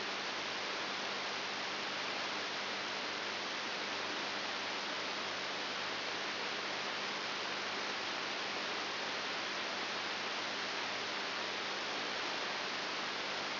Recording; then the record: brain microelectrode recording played as sound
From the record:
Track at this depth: inside the subthalamic nucleus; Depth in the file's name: 6.901 mm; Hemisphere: left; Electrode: 3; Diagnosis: Parkinson's disease